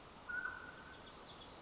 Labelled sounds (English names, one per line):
Mountain Quail